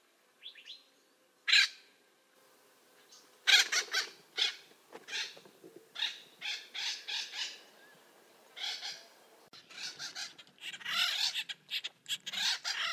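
Bird calls: a few thin notes, then a run of scratchy, buzzy chatter bursts, growing denser toward the end.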